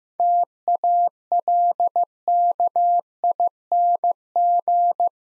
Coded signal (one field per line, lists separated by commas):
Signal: Morse code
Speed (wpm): 15 wpm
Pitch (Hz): 700 Hz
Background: none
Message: TALKING